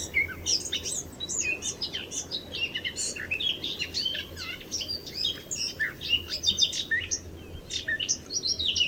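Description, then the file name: Eurasian blackcap song: a dense, steady warble of quick chirps and whistles over a constant background hiss and low hum. "Sylvia atricapilla"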